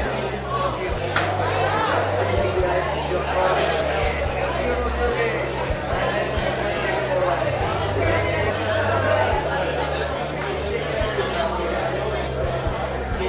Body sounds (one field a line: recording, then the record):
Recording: background sound without coughing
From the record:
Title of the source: CITY SOUNDS Busy Bar in the Evening Night - 2 HOURS of Ambiance for Relaxation